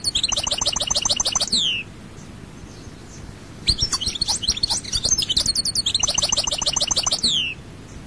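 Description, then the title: European goldfinch delivering rapid, tinkling twitter phrases with fast repeated trill notes, two bursts separated by a pause. "Chant Chardonneret"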